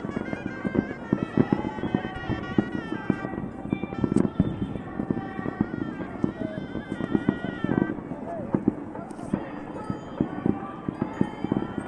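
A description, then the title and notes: A town festival with fireworks and singing: dense, constant crackles and pops burst throughout, with heavier thumps near four and eight seconds. Sustained sung notes and a busy crowd murmur run steadily underneath the whole time. Hotel Room Overlooking Town Festival w/ Singing & Fireworks.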